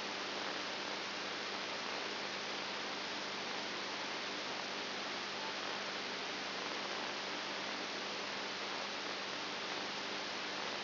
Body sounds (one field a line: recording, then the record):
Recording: brain microelectrode recording played as sound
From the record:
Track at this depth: outside the subthalamic nucleus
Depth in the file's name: 7.3 mm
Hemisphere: right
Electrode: 2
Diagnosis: Parkinson's disease